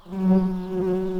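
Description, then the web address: Tree bumblebee buzzing, a steady low hum with rich even harmonics, holding pitch for over a second. Worker tree bumblebees. "Hypnorum workers"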